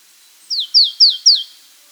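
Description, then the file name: Marsh tit calling: four quick, high, downslurred notes in a tight burst. "Poecile palustris"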